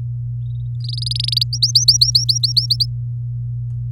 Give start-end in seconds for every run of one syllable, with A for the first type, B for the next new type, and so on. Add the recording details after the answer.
0.80-1.43 A, 1.53-2.66 B, 2.70-2.85 C. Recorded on 4 May 2018 at 08:27. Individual llb16